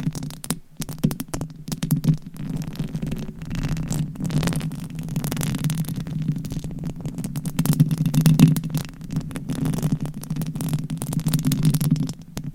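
Long nails scratch directly on a microphone in continuous strokes, a dense low rumbling scrape with rapid irregular scratches and brief crackles throughout. The texture stays fairly steady, with a short pause near the start and slightly louder bursts around eight seconds.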